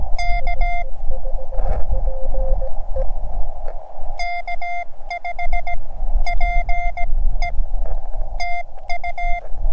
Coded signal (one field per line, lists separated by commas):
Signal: Morse code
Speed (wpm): 17 wpm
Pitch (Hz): 2100 Hz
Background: none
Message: K K5PE TU